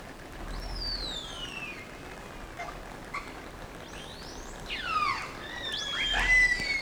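Whale sounds of descending whistles and sweeping squeals, several overlapping near the end, above constant underwater hiss.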